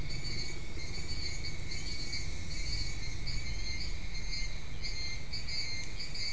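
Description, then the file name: Insects chirping in a steady, shrill high-pitched chorus with faint pulsing, over a continuous low rumble of background noise. "mainly insect"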